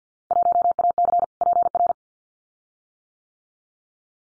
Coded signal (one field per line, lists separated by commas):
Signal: Morse code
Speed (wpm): 50 wpm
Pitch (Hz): 700 Hz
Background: none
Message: 1AC PR